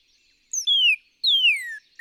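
Northern cardinal song: a brief high note leading into a clear whistle sliding downward, then a longer whistle slurring down, with the next phrase just starting.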